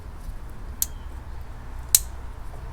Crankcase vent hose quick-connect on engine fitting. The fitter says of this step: You can hear it clicking.